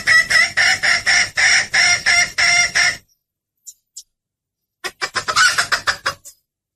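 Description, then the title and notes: Bird chattering in harsh rapid notes for three seconds, then near silence with two faint clicks, then another quick chattering burst. Lure sound used to attract stubborn, hard-to-approach birds; part of a compilation of bird lure calls. "Suara Burung Bandel Yang Susah Mendekati. Kompilasi Suara Pikat Burung"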